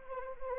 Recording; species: mosquito wingbeat signal from an infrared sensor; Anopheles arabiensis